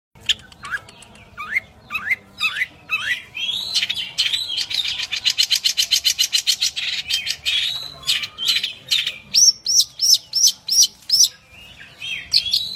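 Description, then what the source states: Long-tailed shrike song: a few rising slurred whistles, a long rapid buzzy trill of repeated notes, then a series of sharp high chirps repeated about three times a second. Champion songbird.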